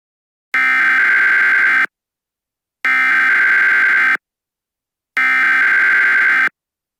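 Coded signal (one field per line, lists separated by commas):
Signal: Emergency Alert System (SAME) tones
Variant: header bursts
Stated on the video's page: Fictional EAS scenario.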